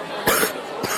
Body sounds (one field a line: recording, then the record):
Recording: coughing mixed with background sound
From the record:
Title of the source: 30 Chesty and wet cough